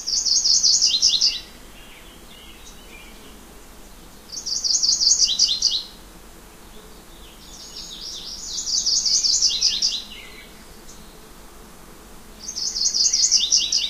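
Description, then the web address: Yellow-rumped warbler singing four high, jumbled trills, each about a second and a half long, given roughly every four seconds with quiet gaps between. "Know Your Bird Sounds Common Western Species. Yellow-rumped Warbler"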